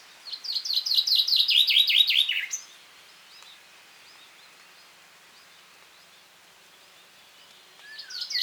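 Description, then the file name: Common chaffinch song: a fast series of repeated descending notes ending in a short flourish, then quiet, with another song starting at the end. "Fringilla coelebs"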